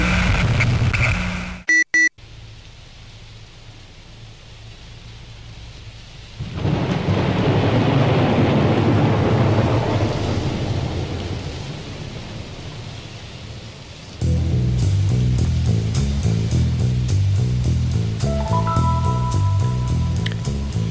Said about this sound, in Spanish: Diciembre, tarde, calor, gran tormenta de verano, espesa nube de tierra, fuga de coches y autos, ramas de árbol por el suelo, grotesco rodear de bancos, chillona danza de hojas y papeles de diarios, alarmas en los hogares, silbos, carreras, portazos,